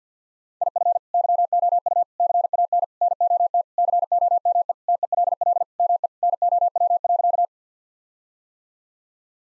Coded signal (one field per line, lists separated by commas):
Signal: Morse code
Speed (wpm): 50 wpm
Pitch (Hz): 700 Hz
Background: none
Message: IF YOU CAN NOT COME TELL ME NOW.